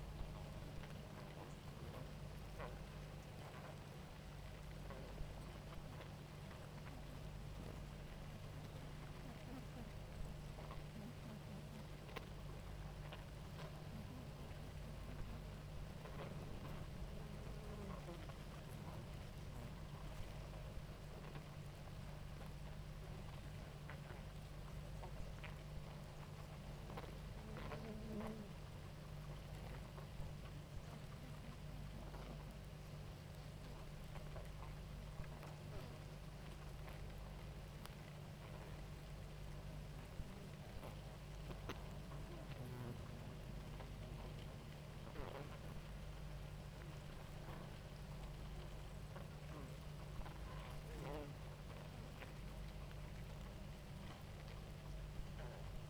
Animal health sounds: honeybee colony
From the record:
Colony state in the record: active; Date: 28 July 2017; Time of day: 18:30

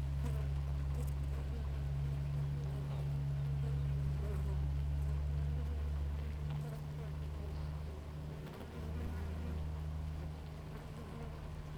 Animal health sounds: honeybee colony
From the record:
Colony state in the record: active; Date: 28 July 2017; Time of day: 6:12

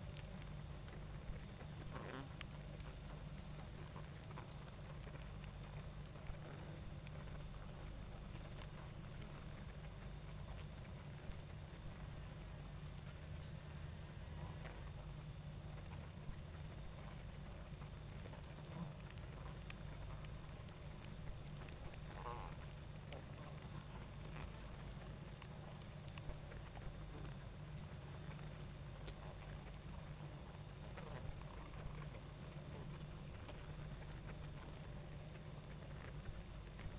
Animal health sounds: honeybee colony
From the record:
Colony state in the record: active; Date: 28 July 2017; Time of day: 21:11

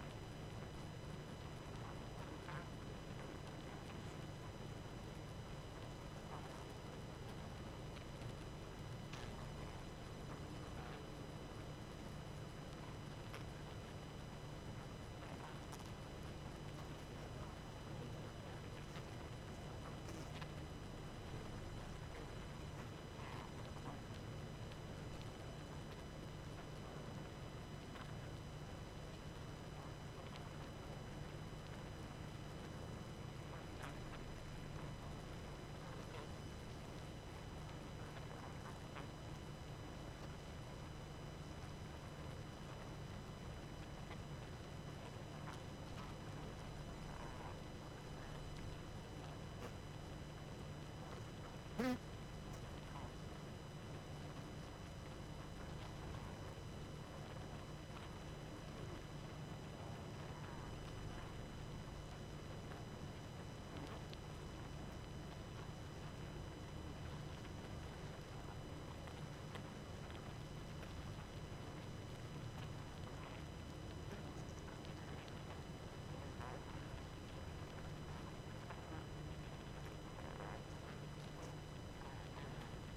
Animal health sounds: honeybee colony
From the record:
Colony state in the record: active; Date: 12 June 2018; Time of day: 23:41

